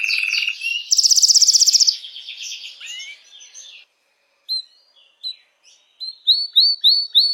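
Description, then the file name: Canary song: rattled trills and a loud buzzy burst, a pause, then repeated sharp upslurred chirps. Belgian mosaic canary. "canto do canario belga mosaico"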